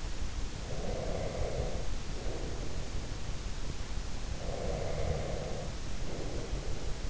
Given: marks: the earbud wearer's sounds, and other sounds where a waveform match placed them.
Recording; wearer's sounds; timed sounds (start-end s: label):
sounds in sleep by an in-ear microphone; breath
0.53-3.15 s: breath
4.37-7.02 s: breath